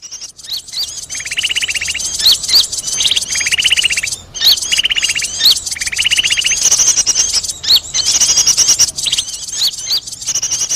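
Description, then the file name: Birds calling in a mixed chorus: four buzzy trills follow one another, then dense high chirping and whistled squeaks take over. Lure call used to attract birds, described as a thousand birds. "pikat 1000 burung"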